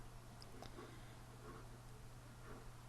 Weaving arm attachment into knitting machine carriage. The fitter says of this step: just clicks in place on the carriage like your normal sinker plate.